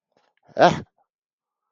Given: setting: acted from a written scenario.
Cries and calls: vocal sound without words; negative surprise

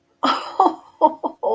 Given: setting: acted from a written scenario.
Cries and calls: vocal sound without words; adoration

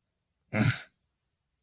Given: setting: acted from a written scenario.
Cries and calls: vocal sound without words; contempt

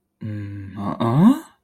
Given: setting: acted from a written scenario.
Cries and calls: vocal sound without words; confusion

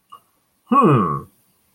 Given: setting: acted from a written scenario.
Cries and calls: vocal sound without words; interest

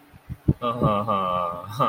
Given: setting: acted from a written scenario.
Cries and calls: vocal sound without words; adoration

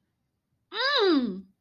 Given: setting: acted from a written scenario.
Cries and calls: vocal sound without words; anger

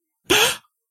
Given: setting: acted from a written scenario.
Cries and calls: vocal sound without words; positive surprise

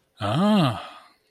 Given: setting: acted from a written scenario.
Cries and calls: vocal sound without words; realization

